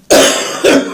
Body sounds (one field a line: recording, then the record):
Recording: coughing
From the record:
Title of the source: Residual Phlegmy Morning Coughing and Gagging